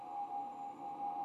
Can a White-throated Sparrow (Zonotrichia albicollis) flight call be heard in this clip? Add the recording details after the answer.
no. No flight call is heard. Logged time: 02:14 on 16 November 2014